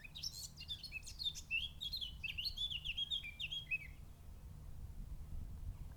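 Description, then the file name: Eurasian blackcap song: a hurried, twittering warble of short chirps and fluty notes lasting about four seconds, over a steady low rumble of background noise. "Sylvia atricapilla"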